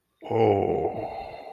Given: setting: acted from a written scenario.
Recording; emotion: vocal sound without words; awe